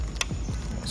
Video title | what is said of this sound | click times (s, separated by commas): 2003-2007 Honda accord radio removal and replacement | snap into place | 0.2 s